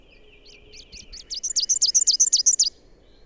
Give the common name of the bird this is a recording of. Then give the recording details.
Rufous-capped Warbler. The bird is a male. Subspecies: rufifrons. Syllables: 15. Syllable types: 3. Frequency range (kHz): 2.5-8.9 kHz. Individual AR-R05-M